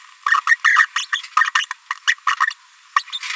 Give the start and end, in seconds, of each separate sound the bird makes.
0.28-0.40, 0.47-0.56, 0.64-0.86, 0.96-1.05, 1.12-1.21, 1.37-1.50, 1.55-1.65, 2.07-2.15, 2.27-2.35, 2.96-3.04, 3.12-3.19